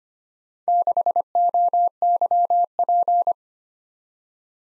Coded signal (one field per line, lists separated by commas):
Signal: Morse code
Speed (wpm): 25 wpm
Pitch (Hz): 700 Hz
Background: none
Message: 6OYP